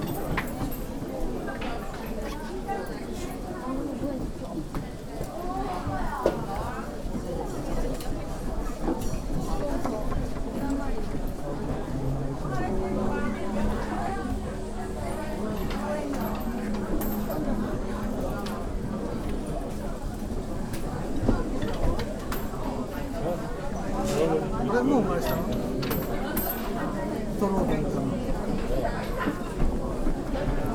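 A field recording from Kyoto, Japan, filled with steady overlapping chatter from many voices. Sustained low tones drift in around 13–18 seconds and again near 25 seconds, while occasional sharp clacks and footstep-like knocks punctuate the even murmur.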